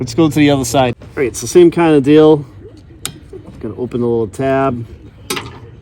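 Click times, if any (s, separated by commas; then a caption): 5.3 s. Someone talks while opening the small tab on the old windshield wiper blade of a Jeep Wrangler JK and pressing its lever. A plastic click at 5.3 s marks the blade releasing from the wiper arm hook.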